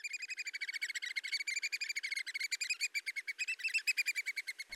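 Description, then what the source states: American Oystercatcher calls: a rapid chattering run of many piping notes. Two adults on a Long Island beach, followed closely by their fluffy gray chicks returning from the water.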